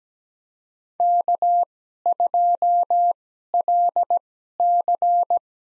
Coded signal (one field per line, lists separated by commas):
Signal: Morse code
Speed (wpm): 17 wpm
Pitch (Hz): 700 Hz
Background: none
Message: K2LC